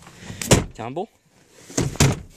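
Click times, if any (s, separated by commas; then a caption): 2.0 s. A 1999 Dodge Durango second-row seat is tumbled and pulled back down, with thumps around 0.5 s and 1.8 s as someone talks. The seat latches back into place with a loud thunk at 2.0 s and is locked.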